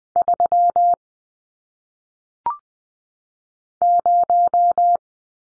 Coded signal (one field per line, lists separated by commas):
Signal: Morse code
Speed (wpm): 20 wpm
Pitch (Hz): 700 Hz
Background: none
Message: 3 0